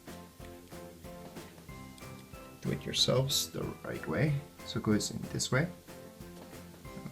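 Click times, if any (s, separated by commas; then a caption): none. A micro SD card is lined up at the card slot of a GoPro Hero action camera and held in the correct orientation before being pushed in. Someone talks over background music, and a brief faint tick occurs at about 2.0 s. Nothing has seated or clicked yet.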